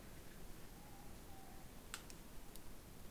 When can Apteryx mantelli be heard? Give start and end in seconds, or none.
none